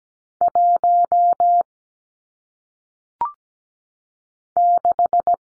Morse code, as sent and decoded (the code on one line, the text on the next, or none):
.---- / -....
1 6